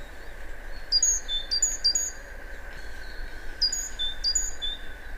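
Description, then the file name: Great tit giving high, thin whistled notes in quick pairs and slurred phrases, repeated several times, over low rumbling background noise and a steady mid-pitched hum. "Parus major"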